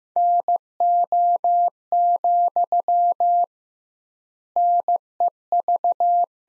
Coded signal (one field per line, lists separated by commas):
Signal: Morse code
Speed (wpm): 15 wpm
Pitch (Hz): 700 Hz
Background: none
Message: NO, NEV